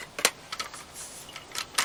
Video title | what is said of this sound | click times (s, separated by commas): SIG Sauer MCX Co2 Air Rifle Unboxing | locks into place like that so that's kind of cool | 1.8 s